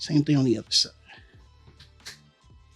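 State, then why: Seated. Someone talks at the start while the second leg of a plastic transforming robot figure is pulled down along its joint into the hip. A small, sharp click at 1.8 s marks the leg seating into position, followed by a slightly longer faint sound, with quiet music in the background.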